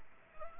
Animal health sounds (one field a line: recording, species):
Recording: mosquito wingbeat signal from an infrared sensor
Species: Aedes aegypti